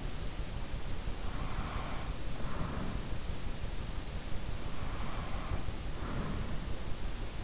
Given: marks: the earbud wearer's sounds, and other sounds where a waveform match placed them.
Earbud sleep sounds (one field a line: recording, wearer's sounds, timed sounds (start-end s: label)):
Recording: sounds in sleep by an in-ear microphone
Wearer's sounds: breath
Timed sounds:
1.43-3.33 s: breath
4.64-6.95 s: breath